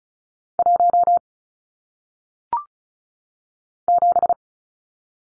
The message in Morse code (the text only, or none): 1 7